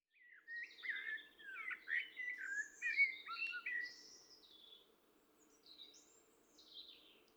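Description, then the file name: Common blackbird warbling a continuous, rambling phrase of flowing fluted notes that slide up and down, trailing off into thin, high squeaky notes against a low hum. "Turdus merula"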